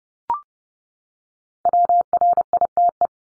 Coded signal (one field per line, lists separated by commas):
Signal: Morse code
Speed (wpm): 30 wpm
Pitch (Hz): 700 Hz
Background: none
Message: WRITE